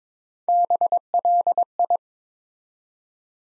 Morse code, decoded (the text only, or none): BLI